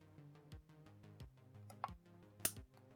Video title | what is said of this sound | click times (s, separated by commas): Vintage Star Wars B-Wing Toy Restoration - Full Strip Down and Repair - Kenner 1980s | and there's a nice click | 1.8 s, 2.5 s